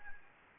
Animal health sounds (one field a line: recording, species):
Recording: mosquito wingbeat signal from an infrared sensor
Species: Anopheles gambiae